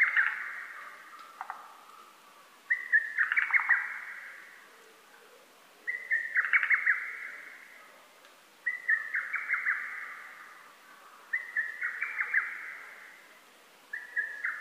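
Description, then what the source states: Lesser cuckoo song: loud, hurried staccato phrases, each lasting about one and a half seconds, repeated roughly every three seconds. Recorded 12 June 2010; Japanese name hototogisu.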